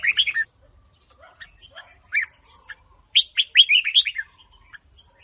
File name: file luyen giong chao mao hue dao giong